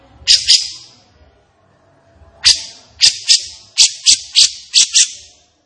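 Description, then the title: Grey-cheeked bulbul giving loud, sharp, high chattering notes: a double burst, a pause, then a rapid run of about eight emphatic notes. Captive bird singing energetically and persistently (gacor), agitated (emosi), as a tutoring track for training other caged birds (masteran). "Cucak Jenggot Gacor. Cucak Jenggot Emosi Untuk Masteran"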